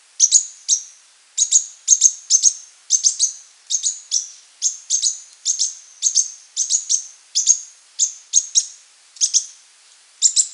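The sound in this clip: Bird calls: high, sharp chirps in quick pairs and triplets, repeated in a steady series with brief pauses, with no other sounds.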